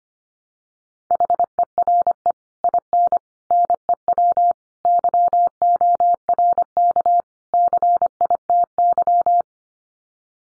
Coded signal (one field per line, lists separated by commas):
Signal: Morse code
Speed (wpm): 25 wpm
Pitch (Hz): 700 Hz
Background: none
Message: HERE IN NEW YORK CITY